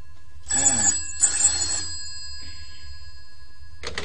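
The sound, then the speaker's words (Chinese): An old-fashioned telephone bell rings in a pawnshop around midnight, in two bright, rattling bursts, followed by a faint short trill and a fresh ring starting at the end. No one speaks. “呢、這个时候仲有电话嚟？”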